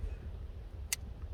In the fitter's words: You'll hear a very definitive click.